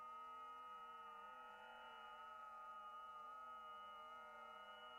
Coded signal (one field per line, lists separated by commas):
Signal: FT8